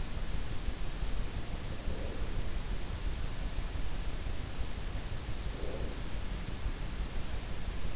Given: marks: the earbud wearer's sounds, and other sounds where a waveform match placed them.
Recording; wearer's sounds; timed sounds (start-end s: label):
sounds in sleep by an in-ear microphone; breath
1.71-2.59 s: breath
5.20-6.43 s: breath